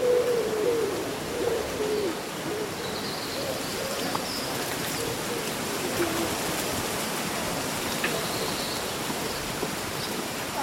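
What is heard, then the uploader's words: Leaves rustle in a steady breeze, a dense even hiss filling the whole clip without pause. Birds call over it: low wavering notes in the first two seconds, then thin high whistles around three to five seconds and again near eight. Breezy Summer Day Rustling Leaves and Birdsong.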